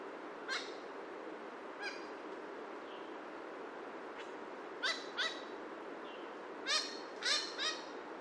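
Horned parakeet uttering grating, nasal, harmonic calls, isolated at first and then in quick pairs toward the end, with a continuous hissing background.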